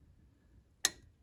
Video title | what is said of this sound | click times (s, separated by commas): Mazda Mx5 NC Mk3 Miata Gearbox Oil Change | You hear that click? | 0.9 s